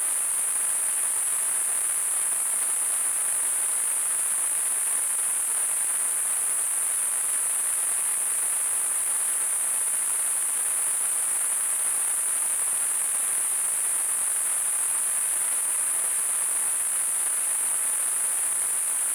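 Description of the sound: A steady, unbroken high-pitched hiss, strongest in a narrow band near 8 to 10 kHz, with softer noise below and no rhythm or breaks. It is a simulated tinnitus sound, imitating the constant ringing or hissing a person with tinnitus hears.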